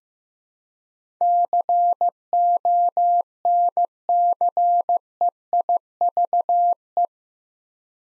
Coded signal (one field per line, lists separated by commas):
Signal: Morse code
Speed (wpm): 15 wpm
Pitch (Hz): 700 Hz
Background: none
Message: CONCEIVE